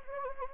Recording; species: mosquito wingbeat signal from an infrared sensor; Anopheles gambiae